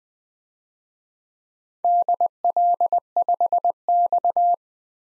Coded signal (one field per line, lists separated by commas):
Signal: Morse code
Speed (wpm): 20 wpm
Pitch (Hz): 700 Hz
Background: none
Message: DL5X